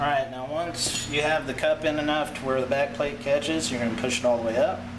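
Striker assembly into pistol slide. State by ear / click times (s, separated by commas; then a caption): not seated / none. Someone talks while a striker assembly, with its striker cup and back plate, is handled into the slide of an LC9s pistol, with the cup in far enough that the back plate catches. Nothing has seated or clicked yet; the assembly has not been pushed home by the end of the clip.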